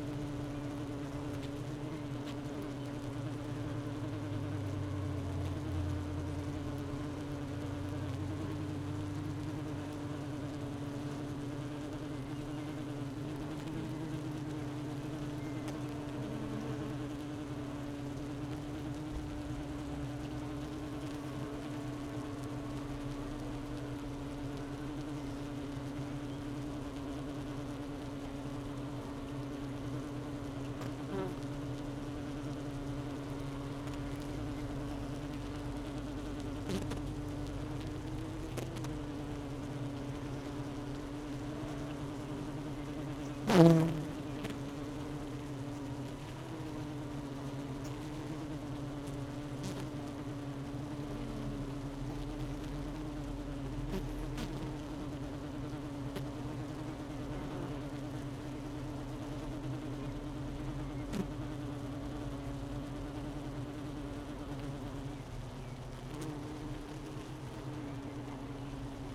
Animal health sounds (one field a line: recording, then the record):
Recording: honeybee colony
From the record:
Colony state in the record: missing queen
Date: 31 May 2018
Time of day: 10:42